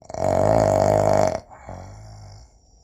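A loud, buzzy, low-pitched rattle lasts just over a second, then a softer, breathier rumble follows, like one snore drawn in and let out. It is a single male snore, a sound effect.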